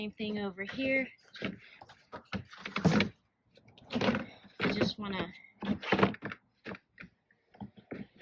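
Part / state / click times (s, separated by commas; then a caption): plastic wall panel into compost bin frame / not seated / none. Someone talks while handling a plastic wall panel and lining up its edge against a compost bin frame, making a few light knocks and taps. The panel has not snapped into place yet; no click is heard.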